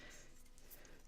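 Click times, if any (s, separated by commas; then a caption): 0.6 s, 0.9 s. A plastic windscreen, clicked in on only one side at first, is pressed home on the top side of a microphone. Two short clicks are heard at 0.6 s and 0.9 s, and the windscreen is now clicked in place.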